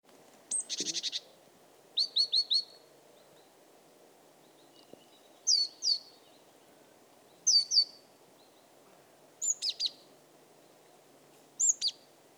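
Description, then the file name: Great tit calling in several short bursts of high, clipped notes, separated by uneven pauses, over steady background noise. "Parus major"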